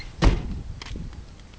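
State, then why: Released. Someone pulls the interior hood release lever on a car, and the car's metal hood latch releases so the hood pops up. A heavy, low thump at about 0.2 s is followed by a sharp click at 0.8 s as the latch lets go, then a few faint ticks. The hood is released.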